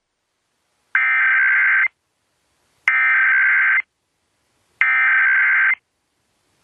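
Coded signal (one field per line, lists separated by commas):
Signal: Emergency Alert System (SAME) tones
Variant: header bursts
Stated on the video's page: National periodic EAS test on an FM 97.9 station, received on a Tecsun PL880 and recorded line-in with an Olympus VN 541 PC recorder.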